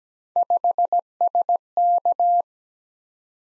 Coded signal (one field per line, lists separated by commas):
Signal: Morse code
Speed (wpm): 17 wpm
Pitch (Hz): 700 Hz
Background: none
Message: 5SK